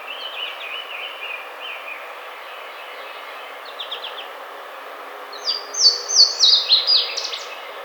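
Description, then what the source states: Yellow-rumped warbler song: a bright trill of about seven high notes stepping slightly downward near the end, after softer chirping and over steady background hiss. Recorded on 5 May 2009.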